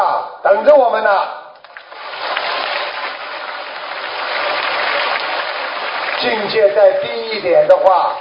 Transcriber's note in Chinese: 掌声